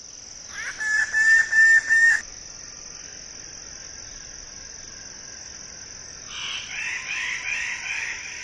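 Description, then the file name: Wallace's standardwing producing a short burst of several nasal, evenly spaced notes, then quieter harsh calls later, with a constant shrill insect drone throughout. "suara burung bidadari"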